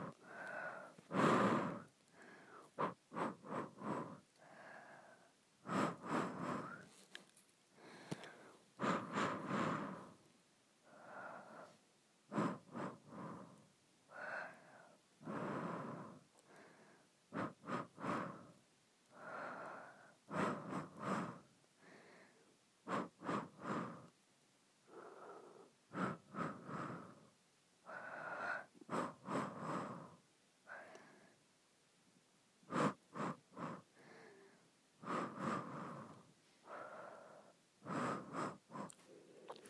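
Short breaths blown out, each a breathy hiss lasting about a second, repeating every one to two seconds for the whole recording. Some puffs sound sharper and more forceful, and brief quiet gaps separate them.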